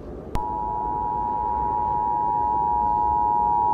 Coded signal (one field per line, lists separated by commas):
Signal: Emergency Alert System (SAME) tones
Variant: 853 and 960 Hz attention tone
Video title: EAS Scenario - The Wildcard of Nature (REMASTERED)